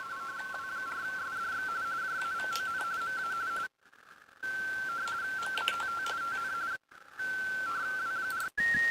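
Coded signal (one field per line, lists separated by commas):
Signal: RTTY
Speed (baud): 45.45 baud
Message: W4SDX JAVON MA MATT TN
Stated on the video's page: Weekly RTTY contest on an FTDX10 at 40 watts into a Palomar Bullet 71 ft end-fed antenna.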